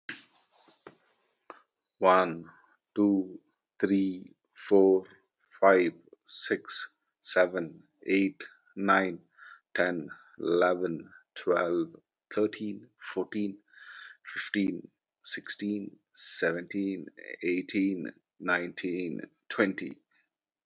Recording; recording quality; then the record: counting at a normal pace; excellent, no background noise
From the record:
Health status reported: exposed to COVID-19, no respiratory illness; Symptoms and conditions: sore throat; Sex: male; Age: 42 years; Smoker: not ticked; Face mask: not worn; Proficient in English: yes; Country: India